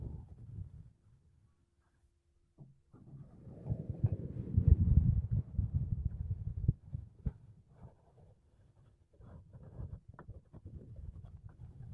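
Makeup brushes and a sponge brush over a mic in soft, low rustling strokes, swelling loudest around four to six seconds, with brief pauses.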